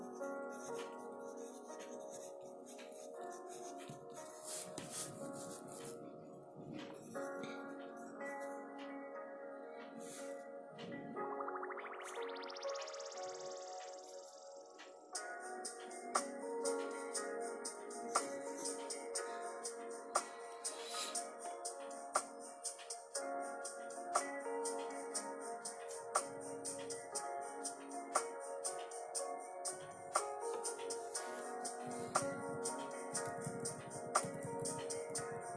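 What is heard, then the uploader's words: Mellow lofi music with soft, sustained chords plays throughout at a steady, moderate level. Around eleven seconds a rising whoosh sweeps upward, and from fifteen seconds on a denser run of light, crisp clicks and taps joins the music, fairly regular. Lofi study with me with pencil, page flipping and typing ASMR.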